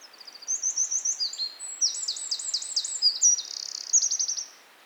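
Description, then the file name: Eurasian wren song, a fast, energetic run of very high trills and piercing notes, several rattling sections strung together for over four seconds. "Troglodytes troglodytes"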